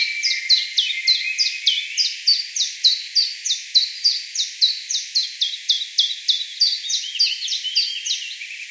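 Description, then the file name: Common chiffchaff song: a long, steady run of sharp, dropping notes, alternating slightly in pitch, with fainter lower sounds behind. "Phylloscopus collybita"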